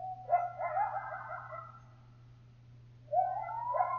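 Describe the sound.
Coyote howling: a wavering, quavering cry, a pause, then a rising cry, all over a steady low hum.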